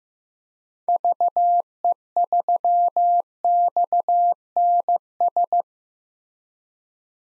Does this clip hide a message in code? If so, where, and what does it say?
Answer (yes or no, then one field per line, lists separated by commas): yes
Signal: Morse code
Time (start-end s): 0.9-5.6 s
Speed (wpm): 15 wpm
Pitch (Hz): 700 Hz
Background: none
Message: VE3XNS